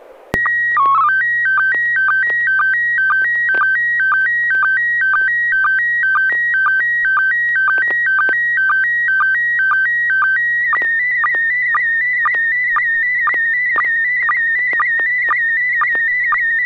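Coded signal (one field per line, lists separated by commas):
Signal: SSTV (slow-scan television)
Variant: PD 120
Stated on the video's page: SSTV net held on a 441.300 MHz FM repeater in Sacramento, using MMSSTV software.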